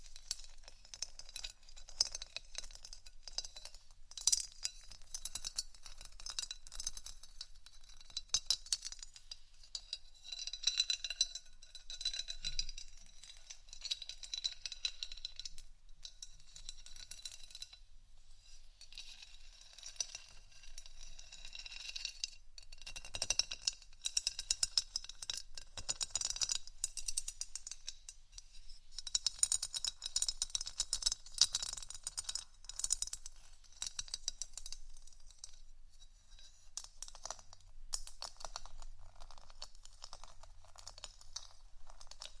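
Gentle scratching and tapping runs without pause, a dense stream of small bright clicks and rasping strokes with little low sound beneath. The texture shifts in bursts rather than keeping a steady beat, growing busier around the middle and again near the end.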